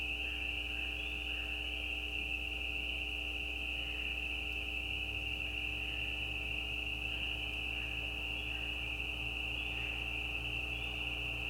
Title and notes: Peepers peeping. Peeper frogs mating calls - the calls are more individual with gaps in the recording. Recorded at the side of a gravel road at night. Recorded by Anton Pickard. Part of the Music for Sleep project